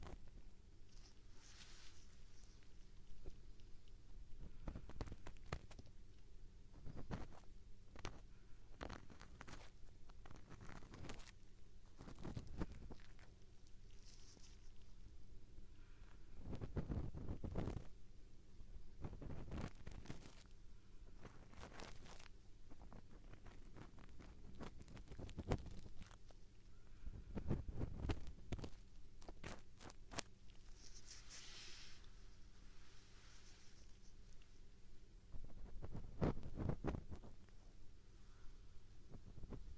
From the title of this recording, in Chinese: 纯耳骚—右耳版（鹅毛棒，挖耳勺）